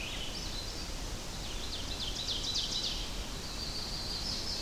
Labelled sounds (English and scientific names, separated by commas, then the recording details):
Ovenbird (Seiurus aurocapilla) song
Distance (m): 70 m
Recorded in boreal forest in Alberta, Canada, on 25 June 2016 at 08:10
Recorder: SongMeter 3, array SBT-6-76
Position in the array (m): 298 m, 81 m
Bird 1